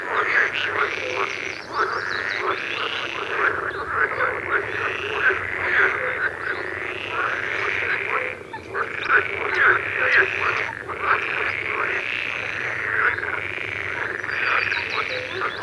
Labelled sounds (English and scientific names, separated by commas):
Marsh Frog (Pelophylax ridibundus)